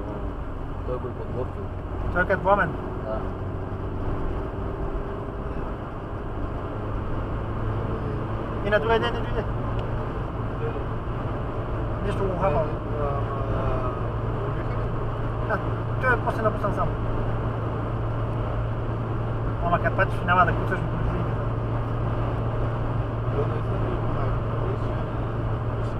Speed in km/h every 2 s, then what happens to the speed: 84, 89, 94, 100, 106, 107, 106, 107, 106, 107, 107, 108, 107.
0-9 speeds up to 107. 9-26 steady at about 107.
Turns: none.